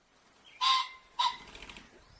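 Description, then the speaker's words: Ring-necked Pheasant territorial call: two loud, harsh crowing notes in quick succession, the second shorter. Territorial call; played back. "It's the territorial call of the ring-necked pheasant."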